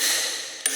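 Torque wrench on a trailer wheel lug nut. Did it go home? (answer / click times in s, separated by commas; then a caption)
yes / 0.7 s. A click-type torque wrench set to 130–140 ft-lb tightens the second lug nut on a trailer wheel, with a steady ratcheting, mechanical rasp throughout. A sharp click at 0.66 s signals the torque setting has been reached, and that lug nut is done.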